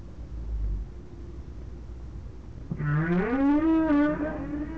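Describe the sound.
Whale call arriving after quiet low rumble: a quick upward sweep that levels into a bright, wavering, harmonic-laden tone lasting about two seconds.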